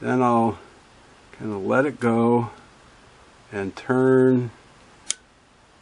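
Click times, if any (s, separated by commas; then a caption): 5.1 s. Someone talks while zeroing the tension assembly of a Singer 15-91 sewing machine, holding the numbered tension dial back and turning the thumb nut down until the pin meets the dial, then letting go and turning. A small, sharp metal click sounds at 5.1 s as the tension dial clicks into position against the stop pin, seated.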